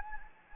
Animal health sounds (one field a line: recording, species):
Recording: mosquito wingbeat signal from an infrared sensor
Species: Anopheles gambiae